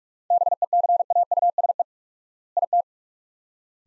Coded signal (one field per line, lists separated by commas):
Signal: Morse code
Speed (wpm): 46 wpm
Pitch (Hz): 700 Hz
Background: none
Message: BECAUSE IT